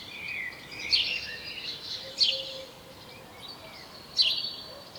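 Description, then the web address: House sparrow calling with three sharp chirps at uneven intervals, against soft background twittering and a faint low drone. "SETE Passer domesticus"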